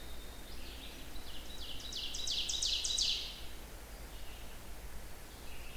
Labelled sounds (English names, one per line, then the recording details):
Ovenbird song
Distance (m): 35 m
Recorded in boreal forest in Alberta, Canada, on 16 June 2016 at 05:40
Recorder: SongMeter 3, array SBT-3-32
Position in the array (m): 143 m, 145 m
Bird 37